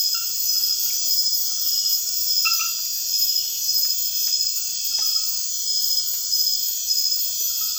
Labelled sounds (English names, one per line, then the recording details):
none
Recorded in dense forest near Puerto Asís, Putumayo, Colombia, on 19 February 2024 at 01:00
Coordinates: 0.496, -76.326
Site G6383